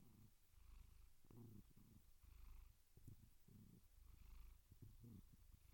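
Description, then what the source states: Domestic cat purring continuously, a low vibrating rumble in soft uneven bursts. Gentle, rhythmic purring.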